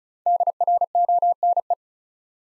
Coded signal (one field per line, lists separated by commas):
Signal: Morse code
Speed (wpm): 36 wpm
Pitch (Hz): 700 Hz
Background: none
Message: DRONE